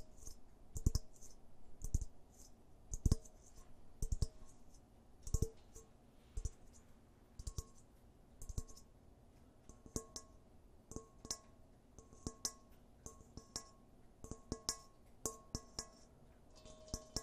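Fingernails and finger pads tap on different objects in irregular bursts, some sharp and bright, others softer and duller. Strong hits land around one, three, four and five seconds, then quicker clusters of lighter clicks follow over a faint steady hiss.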